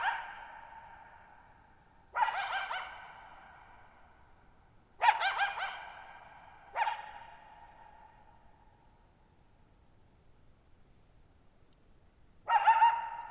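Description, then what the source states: Coyote giving sharp barks at irregular intervals, each followed by a long ringing echo that fades slowly; a quiet background otherwise. Lone wild coyote at night, July 14, 2019, Thirtymile Meadows, Okanogan National Forest, Pacific Northwest, 1950 m; open shallow-bowl meadow with boggy ground, very quiet, long reverberation.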